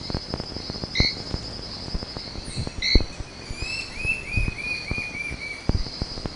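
Bird calls: two short high chirps a couple of seconds apart, then a thin whistle sliding slowly downward, over a steady high insect-like hum and frequent clicks.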